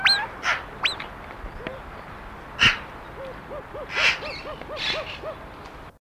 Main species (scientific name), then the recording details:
Crax alector. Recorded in captivity. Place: Zoo Duisburg, Nordrhein-Westfalen, DE. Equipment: Halbspur, 9,5 cm/s. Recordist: Lütgens, Hans